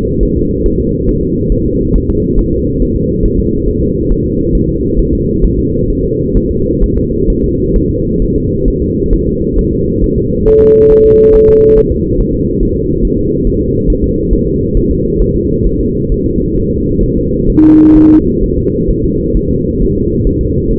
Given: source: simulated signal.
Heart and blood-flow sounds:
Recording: fetal heart sounds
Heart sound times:
0.23 s: S1
0.37 s: S2
0.66 s: S1
0.80 s: S2
1.09 s: S1
1.23 s: S2
1.52 s: S1
1.66 s: S2
1.96 s: S1
2.10 s: S2
2.39 s: S1
2.53 s: S2
2.82 s: S1
2.96 s: S2
3.26 s: S1
3.39 s: S2
3.69 s: S1
3.83 s: S2
4.12 s: S1
4.26 s: S2
4.55 s: S1
4.69 s: S2
4.99 s: S1
5.13 s: S2
5.45 s: S1
5.59 s: S2
5.90 s: S1
6.04 s: S2
6.37 s: S1
6.51 s: S2
6.84 s: S1
6.98 s: S2
7.30 s: S1
7.44 s: S2
7.76 s: S1
7.90 s: S2
8.22 s: S1
8.36 s: S2
8.68 s: S1
8.82 s: S2
9.13 s: S1
9.27 s: S2
9.59 s: S1
9.73 s: S2
10.04 s: S1
10.18 s: S2
10.48 s: S1
10.62 s: S2
10.92 s: S1
11.06 s: S2
11.35 s: S1
11.49 s: S2
11.78 s: S1
11.92 s: S2
12.20 s: S1
12.34 s: S2
12.63 s: S1
12.77 s: S2
13.05 s: S1
13.19 s: S2
13.47 s: S1
13.61 s: S2
13.90 s: S1
14.04 s: S2
14.33 s: S1
14.47 s: S2
14.77 s: S1
14.91 s: S2
15.22 s: S1
15.36 s: S2
15.67 s: S1
15.81 s: S2
16.12 s: S1
16.26 s: S2
16.57 s: S1
16.71 s: S2
17.03 s: S1
17.17 s: S2
17.50 s: S1
17.64 s: S2
17.96 s: S1
18.10 s: S2
18.43 s: S1
18.57 s: S2
18.90 s: S1
19.04 s: S2
19.37 s: S1
19.51 s: S2
19.82 s: S1
19.96 s: S2
20.27 s: S1
20.41 s: S2
20.71 s: S1
From the record:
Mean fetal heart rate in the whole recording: 135 bpm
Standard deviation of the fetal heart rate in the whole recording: 3 bpm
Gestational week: 36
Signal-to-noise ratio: -14.7 dB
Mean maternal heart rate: 72 bpm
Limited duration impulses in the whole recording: present

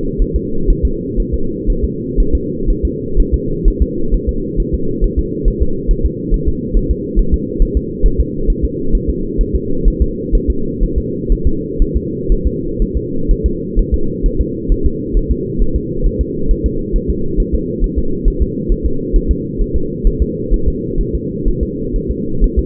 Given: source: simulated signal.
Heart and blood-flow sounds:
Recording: fetal heart sounds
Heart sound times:
0.22 s: S1
0.36 s: S2
0.70 s: S1
0.85 s: S2
1.20 s: S1
1.34 s: S2
1.70 s: S1
1.84 s: S2
2.20 s: S1
2.35 s: S2
2.70 s: S1
2.85 s: S2
3.20 s: S1
3.34 s: S2
3.68 s: S1
3.82 s: S2
4.14 s: S1
4.29 s: S2
4.60 s: S1
4.74 s: S2
5.04 s: S1
5.19 s: S2
5.48 s: S1
5.62 s: S2
5.91 s: S1
6.06 s: S2
6.34 s: S1
6.48 s: S2
6.77 s: S1
6.91 s: S2
7.19 s: S1
7.34 s: S2
7.62 s: S1
7.77 s: S2
8.06 s: S1
8.20 s: S2
8.50 s: S1
8.64 s: S2
8.95 s: S1
9.09 s: S2
9.41 s: S1
9.55 s: S2
9.88 s: S1
10.02 s: S2
10.35 s: S1
10.50 s: S2
10.83 s: S1
10.98 s: S2
11.32 s: S1
11.47 s: S2
11.82 s: S1
11.96 s: S2
12.32 s: S1
12.47 s: S2
12.82 s: S1
12.97 s: S2
13.31 s: S1
13.46 s: S2
13.79 s: S1
13.94 s: S2
14.26 s: S1
14.41 s: S2
14.72 s: S1
14.86 s: S2
15.17 s: S1
15.31 s: S2
15.62 s: S1
15.76 s: S2
16.06 s: S1
16.21 s: S2
16.51 s: S1
16.66 s: S2
16.96 s: S1
17.10 s: S2
17.40 s: S1
17.54 s: S2
17.84 s: S1
17.98 s: S2
18.28 s: S1
18.42 s: S2
18.72 s: S1
18.86 s: S2
19.16 s: S1
19.31 s: S2
19.61 s: S1
19.76 s: S2
20.07 s: S1
20.22 s: S2
20.54 s: S1
20.68 s: S2
21.01 s: S1
21.15 s: S2
21.48 s: S1
21.63 s: S2
21.96 s: S1
22.11 s: S2
22.44 s: S1
22.59 s: S2
From the record:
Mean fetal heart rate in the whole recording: 130 bpm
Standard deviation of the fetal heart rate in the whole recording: 4 bpm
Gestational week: 38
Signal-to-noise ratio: -8.1 dB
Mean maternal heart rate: 72 bpm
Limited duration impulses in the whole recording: absent

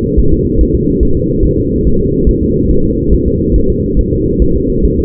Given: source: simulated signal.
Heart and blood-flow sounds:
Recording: fetal heart sounds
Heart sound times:
0.20 s: S1
0.34 s: S2
0.61 s: S1
0.75 s: S2
1.03 s: S1
1.17 s: S2
1.45 s: S1
1.59 s: S2
1.87 s: S1
2.01 s: S2
2.29 s: S1
2.43 s: S2
2.71 s: S1
2.85 s: S2
3.14 s: S1
3.28 s: S2
3.56 s: S1
3.70 s: S2
3.99 s: S1
4.13 s: S2
4.42 s: S1
4.56 s: S2
4.85 s: S1
4.99 s: S2
From the record:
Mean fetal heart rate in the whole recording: 140 bpm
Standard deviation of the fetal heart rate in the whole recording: 2 bpm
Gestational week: 34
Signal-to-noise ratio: -16.4 dB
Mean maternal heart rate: 72 bpm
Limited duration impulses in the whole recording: present

